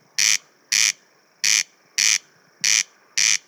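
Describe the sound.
Corn crake calling: a steady series of six dry, rasping notes, harsh and buzzy against a quiet background.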